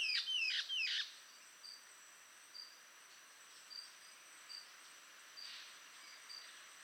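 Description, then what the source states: Ocellated antbird song: a short run of loud, downslurred whistled notes, then faint short repeated notes against a steady high insect drone. Nominate subspecies Phaenostictus mcleannani mcleannani.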